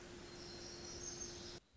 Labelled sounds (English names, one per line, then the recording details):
Black-throated Gray Warbler
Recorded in Sonoma County, California